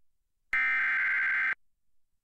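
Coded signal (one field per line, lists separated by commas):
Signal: Emergency Alert System (SAME) tones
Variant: header bursts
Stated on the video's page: Severe thunderstorm warning EAS alert aired during a children's TV program on a digital TV subchannel.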